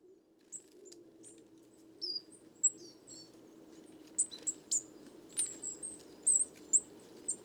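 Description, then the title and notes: Coal tit calls, thin high-pitched chirps in loose bursts, a faint low hum behind them. Roving flock of more than 50 birds, evening, 29 September 2019, Les Casses, Drôme; recorded in mono with a parabolic microphone, with some handling noise. "Ronde de mésange noire. 29 septembre 2019-Les Casses - Drôme"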